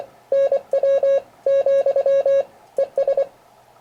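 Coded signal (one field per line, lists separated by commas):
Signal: Morse code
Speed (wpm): 24 wpm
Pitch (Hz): 550 Hz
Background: none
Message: NW , ES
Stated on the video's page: Morse code demonstration in an introduction to its use in ham radio.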